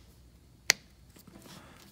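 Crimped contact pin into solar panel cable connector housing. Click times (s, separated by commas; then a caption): 0.7 s. A crimped contact pin is pushed into the plastic housing of an MC4-style solar panel cable connector. A single sharp, bright click sounds at 0.7 s against quiet background noise, followed by faint rustling handling sounds. The pin clicks in and is seated.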